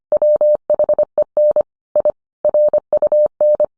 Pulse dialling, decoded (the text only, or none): none